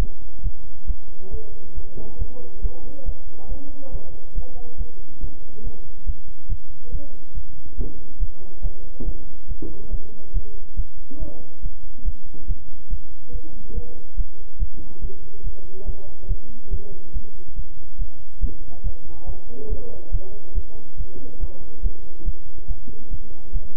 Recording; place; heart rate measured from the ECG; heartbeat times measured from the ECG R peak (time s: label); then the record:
heart sounds by stethoscope; between the tricuspid and mitral areas; 140 bpm
0.42 s: heartbeat
0.86 s: heartbeat
1.30 s: heartbeat
1.73 s: heartbeat
2.17 s: heartbeat
2.61 s: heartbeat
3.04 s: heartbeat
3.47 s: heartbeat
3.90 s: heartbeat
4.33 s: heartbeat
4.76 s: heartbeat
5.19 s: heartbeat
5.62 s: heartbeat
6.05 s: heartbeat
6.48 s: heartbeat
6.90 s: heartbeat
7.33 s: heartbeat
7.76 s: heartbeat
8.18 s: heartbeat
8.61 s: heartbeat
9.04 s: heartbeat
9.47 s: heartbeat
9.89 s: heartbeat
10.32 s: heartbeat
10.75 s: heartbeat
11.18 s: heartbeat
11.61 s: heartbeat
12.04 s: heartbeat
12.46 s: heartbeat
12.89 s: heartbeat
13.31 s: heartbeat
13.73 s: heartbeat
14.16 s: heartbeat
14.58 s: heartbeat
15.00 s: heartbeat
15.42 s: heartbeat
15.85 s: heartbeat
16.27 s: heartbeat
16.69 s: heartbeat
17.12 s: heartbeat
17.54 s: heartbeat
17.97 s: heartbeat
18.40 s: heartbeat
18.82 s: heartbeat
19.25 s: heartbeat
19.68 s: heartbeat
20.11 s: heartbeat
20.53 s: heartbeat
20.96 s: heartbeat
21.39 s: heartbeat
21.81 s: heartbeat
22.24 s: heartbeat
22.66 s: heartbeat
23.09 s: heartbeat
23.51 s: heartbeat
From the record:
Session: bicycle stress test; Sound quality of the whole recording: good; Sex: male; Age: 26 years